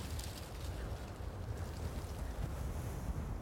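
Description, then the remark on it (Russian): Steady wind rushing across a microphone with a low, rumbling wash of water and waves beneath it, continuous and fairly loud without any voices. “Близнецы смотрят на воду, а ветер треплет их черные кучерявые волосы.”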